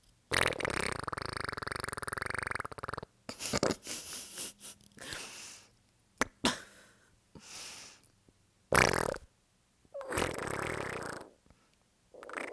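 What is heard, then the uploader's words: Mouth-made fart noises come in bursts: a long buzzing one at the start, then shorter sputters, squeaks and raspberries separated by brief silences. Foley Farts. Mouth noises only.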